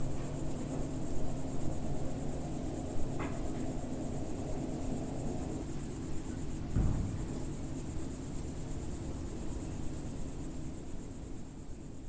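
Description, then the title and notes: Cicada song, a relentless high-pitched buzz, with a brief chirp early on, a dull thump midway and a low hum beneath. Single cicada in a garden in a small village in Picardy, northern France; early evening warmth, among lavender bushes and myrtles. "Sound Escape 137: Enter a trance-like state to the song of a cicada in a French garden. We’re in the garden in a small village in Picardy in Northern France. The early evening warmth teases sweet scent from the lavender bushes and myrtles while a single cicada plays its eternal silvery zither, drawing down the night. BBC Countryfile Magazine's Sound Escapes. Recorded by Fergus Collins"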